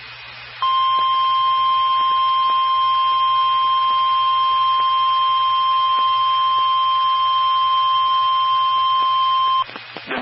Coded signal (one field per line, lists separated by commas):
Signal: Emergency Alert System (SAME) tones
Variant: 1050 Hz attention tone